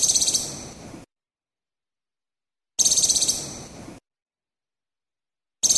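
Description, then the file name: Moluccan woodcock call: a harsh, rapidly pulsed high burst lasting about a second, fading toward its end, repeated roughly every three seconds with silence between. "suara kicauan berkik gunung maluku"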